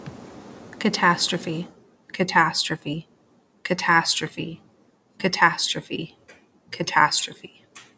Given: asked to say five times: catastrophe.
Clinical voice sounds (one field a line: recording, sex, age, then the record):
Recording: repeated word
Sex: female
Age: 30 to 39 years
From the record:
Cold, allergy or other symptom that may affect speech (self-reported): no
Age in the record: 34 years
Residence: Pennsylvania, United States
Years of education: 18